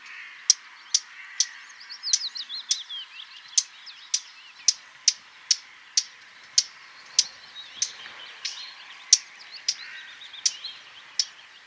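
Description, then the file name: Eurasian blackcap giving hard, dry tacking calls, repeated roughly twice a second, with soft warbling birdsong in the background. "Sylvia atricapilla"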